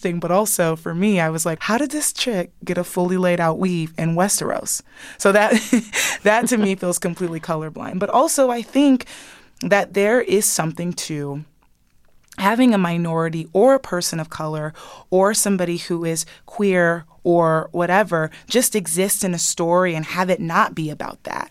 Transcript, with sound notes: But also, for me, I was, like, how did this chick get a fully laid-out weave in Westeros? So that (laughter) - that to me feels completely colorblind. But also, I think that there is something to having a minority or a person of color or somebody who is queer or whatever just exist in a story and have it not be about that.